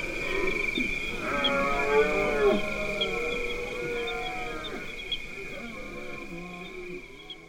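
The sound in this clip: Deer roaring in several overlapping harmonic bellows, some wavering and falling, fading toward the end, with a steady high tone running underneath.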